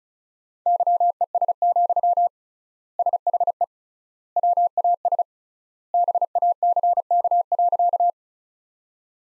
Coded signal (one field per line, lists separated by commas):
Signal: Morse code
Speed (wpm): 36 wpm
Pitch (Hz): 700 Hz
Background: none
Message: YES, SHE WAS BACK.